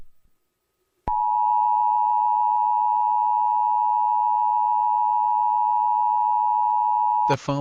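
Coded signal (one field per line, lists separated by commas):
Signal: Emergency Alert System (SAME) tones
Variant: 853 and 960 Hz attention tone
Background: speech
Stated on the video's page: Fictional EAS scenario for entertainment, not a real alert.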